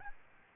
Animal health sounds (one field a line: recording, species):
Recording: mosquito wingbeat signal from an infrared sensor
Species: Aedes albopictus